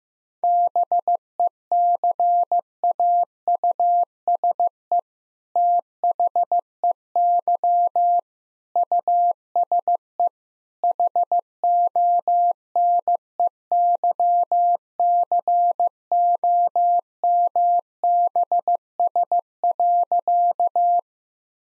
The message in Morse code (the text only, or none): BECAUSE THEY USE HONEYCOMBS.